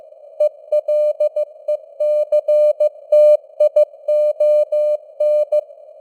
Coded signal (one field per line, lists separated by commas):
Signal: Morse code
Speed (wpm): 15 wpm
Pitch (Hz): 600 Hz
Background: none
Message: ELECTION